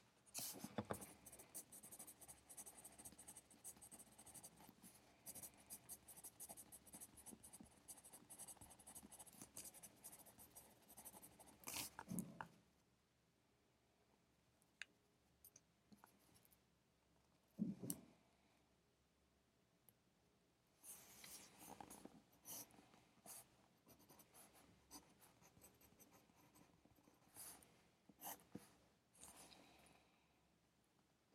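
Pencil scratching on paper in dense, busy bursts for twelve seconds, then sparse taps and strokes, then renewed writing with pauses over steady hiss.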